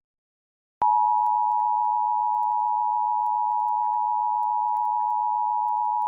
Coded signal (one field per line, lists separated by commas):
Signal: Emergency Alert System (SAME) tones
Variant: 853 and 960 Hz attention tone